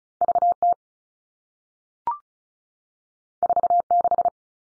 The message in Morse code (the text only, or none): V T 4 6